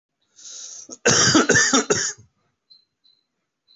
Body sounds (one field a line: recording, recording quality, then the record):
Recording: heavy voluntary cough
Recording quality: excellent, no background noise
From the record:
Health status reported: healthy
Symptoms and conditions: none ticked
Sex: male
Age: 33 years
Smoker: not ticked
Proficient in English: yes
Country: India